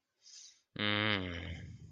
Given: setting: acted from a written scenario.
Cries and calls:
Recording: vocal sound without words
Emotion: romantic love

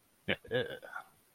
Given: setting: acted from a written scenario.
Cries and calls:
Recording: vocal sound without words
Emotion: pride

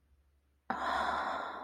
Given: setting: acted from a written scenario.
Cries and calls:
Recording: vocal sound without words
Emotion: desire

